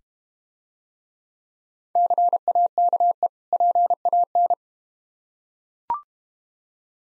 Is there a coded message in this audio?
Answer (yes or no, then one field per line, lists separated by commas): yes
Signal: Morse code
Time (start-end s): 2.0-4.5 s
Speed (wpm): 30 wpm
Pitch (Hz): 700 Hz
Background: none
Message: CAKE PAN